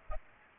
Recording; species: mosquito wingbeat signal from an infrared sensor; Aedes aegypti